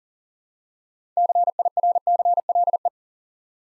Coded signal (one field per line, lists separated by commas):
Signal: Morse code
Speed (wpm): 42 wpm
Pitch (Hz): 700 Hz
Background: none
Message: CIRCLE